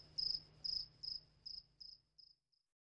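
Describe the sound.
Cricket chirping, seven high, pulsed chirps at a steady pace that grow fainter until the last is barely audible.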